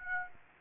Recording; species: mosquito wingbeat signal from an infrared sensor; Aedes aegypti